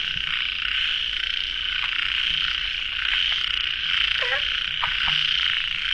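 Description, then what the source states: Frog chorus, a steady high trill with scattered clicks and a short lower warbling croak just past the fourth second. Frogs at a pond late at night, recorded in the field by the uploader.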